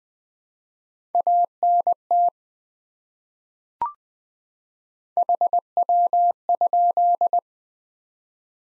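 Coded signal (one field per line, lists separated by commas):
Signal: Morse code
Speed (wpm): 20 wpm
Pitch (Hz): 700 Hz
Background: none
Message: ANT HW?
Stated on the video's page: Morse code QSO elements at 20 wpm, each sent, spoken, then sent again.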